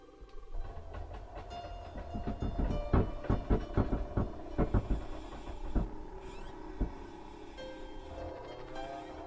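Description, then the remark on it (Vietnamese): A long, dry creak of a mortuary door's unoiled hinge as the door slowly swings open, made of rapid grinding pulses and a squealing, slightly shrill tone that rises and fades over several seconds, with no voices. “Có âm thanh rin rít, ken két vang lên.”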